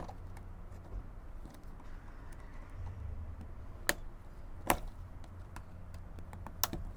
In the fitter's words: Once you hear that pop, you're good to go and it won't come off.